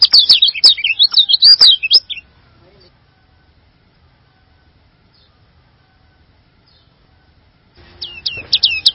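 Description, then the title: Bird giving a short burst of high chattering song, then quiet for several seconds before a new run of repeated sharp notes begins. "burung online"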